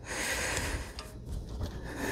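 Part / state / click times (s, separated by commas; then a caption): spark plug wire boot onto spark plug terminal / not seated / none. A second spark plug wire boot is handled and pressed toward its spark plug terminal on an EZ-GO ST, with steady broadband noise and low rumble throughout and a brief sharp sound near 1.0 s. The boot has not seated or clicked onto the plug yet.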